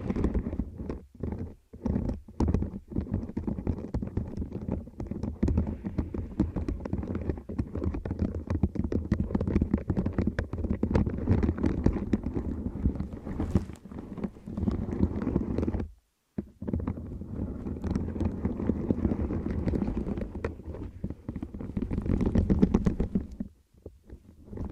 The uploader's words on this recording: ASMR 9 New Tingle Triggers + Mic Test Deep Ear Crinkles, Clicky, Scratchy, Massage （No Talking）.